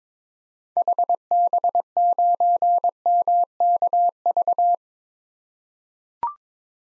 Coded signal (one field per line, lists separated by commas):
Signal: Morse code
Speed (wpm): 22 wpm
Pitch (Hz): 700 Hz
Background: none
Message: HB9MKV